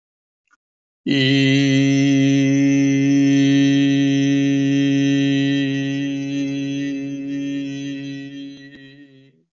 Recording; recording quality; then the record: sustained vowel as in beet; excellent, no background noise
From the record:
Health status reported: healthy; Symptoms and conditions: none ticked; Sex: male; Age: 49 years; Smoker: not ticked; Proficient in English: yes